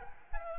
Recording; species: mosquito wingbeat signal from an infrared sensor; Aedes albopictus